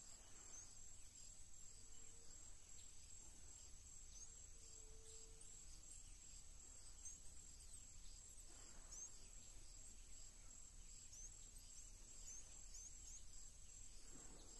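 Atlantic Forest ambience with a steady, dense insect drone running high and bright throughout, flecked with quick chirps. A low rumble sits underneath, and a brief soft tone appears around two seconds, then again near five seconds.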